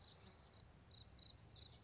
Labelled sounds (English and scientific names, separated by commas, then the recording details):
Common Yellowthroat (Geothlypis trichas)
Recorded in Sonoma County, California